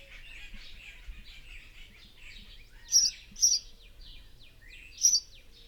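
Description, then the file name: House sparrow chirps, three loud clipped notes over a soft background chatter. "Passer domesticus"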